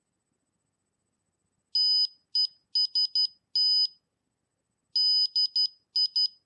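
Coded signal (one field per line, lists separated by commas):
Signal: Morse code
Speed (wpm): 12 wpm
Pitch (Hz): 3000 Hz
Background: none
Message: TEST DI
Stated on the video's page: Morse code sent as light by an Arduino optical communication system, final test.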